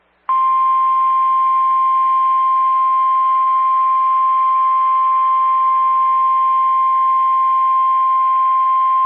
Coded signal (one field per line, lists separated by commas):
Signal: Emergency Alert System (SAME) tones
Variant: 1050 Hz attention tone